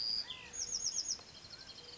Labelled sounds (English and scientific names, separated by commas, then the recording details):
Bewick's Wren (Thryomanes bewickii)
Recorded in Sonoma County, California